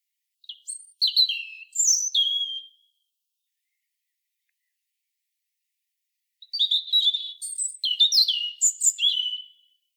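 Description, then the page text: European robin singing two bursts of varied, high-pitched twittering notes with quick rising and falling whistles, a long quiet gap between them, background otherwise silent. "European Robin. KÜRE Encyclopedia"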